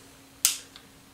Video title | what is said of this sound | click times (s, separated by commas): SCCY CPX 3 380 | little pin just snaps back in there very easy you see now it's got it | 0.4 s